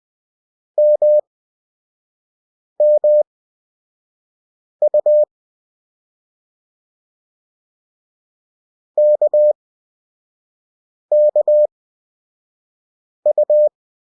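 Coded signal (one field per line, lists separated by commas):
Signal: Morse code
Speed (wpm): 20 wpm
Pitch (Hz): 600 Hz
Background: none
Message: MMU KKU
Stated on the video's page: Beginner Morse practice of the characters K, M and U with Farnsworth timing, 5 WPM effective speed at 20 WPM character speed.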